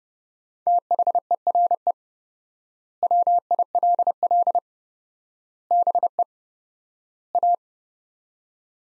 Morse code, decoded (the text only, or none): THERE WILL BE A